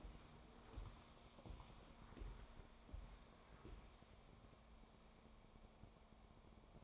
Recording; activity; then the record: daily activity, microphone in the room; walk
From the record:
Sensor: 1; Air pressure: 1015.3 hPa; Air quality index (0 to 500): 132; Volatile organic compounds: 5 ppm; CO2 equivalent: 1812 ppm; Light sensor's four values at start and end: 8/20/7/8 and 10/25/10/11